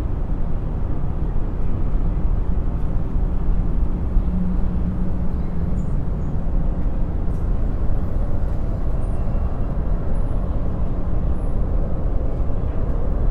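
A city soundscape of steady, dense traffic rumble, heavy in the low end and unchanging in level throughout. A faint low tone hums beneath the roar, and a few brief high squeaks, like brakes, appear around the middle and later.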